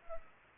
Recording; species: mosquito wingbeat signal from an infrared sensor; Culex pipiens